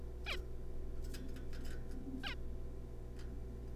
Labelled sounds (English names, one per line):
Zebra Finch